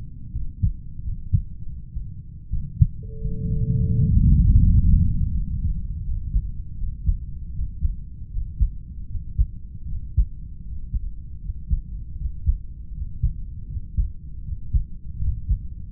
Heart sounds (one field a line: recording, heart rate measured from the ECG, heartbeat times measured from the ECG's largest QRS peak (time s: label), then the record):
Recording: heart sounds by stethoscope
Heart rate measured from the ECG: 81 bpm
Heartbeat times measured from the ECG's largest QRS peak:
0.31 s: heartbeat
1.02 s: heartbeat
1.63 s: heartbeat
2.49 s: heartbeat
3.19 s: heartbeat
3.92 s: heartbeat
4.60 s: heartbeat
5.31 s: heartbeat
6.03 s: heartbeat
6.76 s: heartbeat
7.52 s: heartbeat
8.29 s: heartbeat
9.07 s: heartbeat
9.86 s: heartbeat
10.69 s: heartbeat
11.40 s: heartbeat
12.16 s: heartbeat
12.92 s: heartbeat
13.66 s: heartbeat
14.43 s: heartbeat
15.18 s: heartbeat
15.91 s: heartbeat
From the record:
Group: heart failure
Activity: rest 0-9 s, breath hold 9-16 s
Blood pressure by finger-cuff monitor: 79/50 mmHg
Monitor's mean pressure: 56 mmHg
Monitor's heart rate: 79 bpm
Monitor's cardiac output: 6.3 L/min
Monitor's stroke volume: 79 mL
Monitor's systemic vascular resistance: 600 dyn s/cm5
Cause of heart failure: idiopathic cardiomyopathy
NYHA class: 2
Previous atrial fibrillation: present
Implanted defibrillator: present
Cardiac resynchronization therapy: present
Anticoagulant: warfarin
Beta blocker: metoprolol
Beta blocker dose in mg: 50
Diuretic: furosemide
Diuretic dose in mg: 40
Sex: male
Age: 62 years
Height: 184 cm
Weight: 101 kg